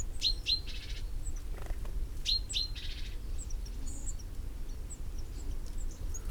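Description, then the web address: Great tit calls: twice, a pair of sharp high notes followed by a short buzzy churr, with faint high twittering and steady low noise. "SETE data Parus major"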